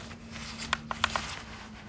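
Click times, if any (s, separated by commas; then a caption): 0.7 s, 0.9 s, 1.0 s, 1.2 s. The bottom cover of a 2024 M4 Pro Mac mini compact desktop computer is pressed down onto its metal housing over a faint steady low hum. Four sharp clicks at 0.7, 0.9, 1.0 and 1.2 seconds are the four clips snapping into place, and the cover is seated.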